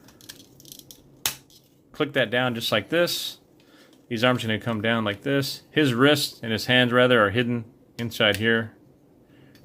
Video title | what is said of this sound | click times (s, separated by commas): Transformers Power of the Primes Predaking Gift Set | right there just take that click | 1.3 s